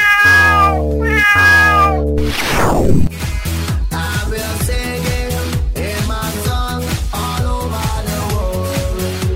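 Two long, drawn-out cat meows sound one after the other, followed by a descending swooping slide and then a steady, rhythmic musical backing that runs to the end.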